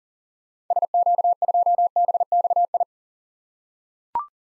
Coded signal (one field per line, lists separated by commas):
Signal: Morse code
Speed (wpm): 40 wpm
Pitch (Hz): 700 Hz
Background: none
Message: SQ2BXI